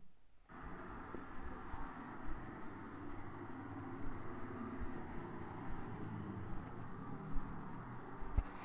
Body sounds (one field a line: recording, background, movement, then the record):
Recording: deep breathing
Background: traffic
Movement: walking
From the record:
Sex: female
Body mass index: 21.8 kg/m2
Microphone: on the chest, facing the body